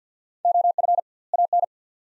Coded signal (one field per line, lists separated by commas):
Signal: Morse code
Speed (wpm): 50 wpm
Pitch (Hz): 700 Hz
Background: none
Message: OF AN